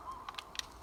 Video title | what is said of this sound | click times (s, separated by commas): Trimble GPS setup | till it clicks in like that so you know it's secure | 0.6 s